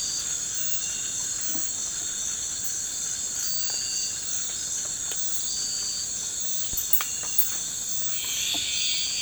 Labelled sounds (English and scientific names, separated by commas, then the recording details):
none
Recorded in pastures near Puerto Asís, Putumayo, Colombia, on 20 December 2024 at 03:00
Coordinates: 0.466, -76.322
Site G040